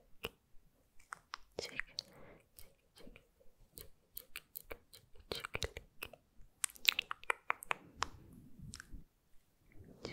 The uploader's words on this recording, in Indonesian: ASMR " MOUTH SOUNDS MY BEST " (Personal Attention, Mmuah, Cikiliki, TicTic, SkSk...)